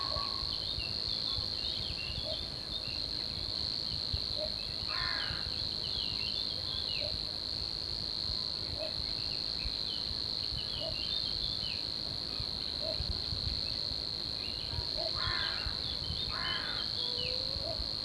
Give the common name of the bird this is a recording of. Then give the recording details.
Little Bittern. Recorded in the wild. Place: St. Urban. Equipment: Hornyphon Bandgerät, Phillips Mikrofon Type EL 6020. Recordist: Brunner, Thomas. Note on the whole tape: Zwergdommel, Gesang. Im Frühjahr 1966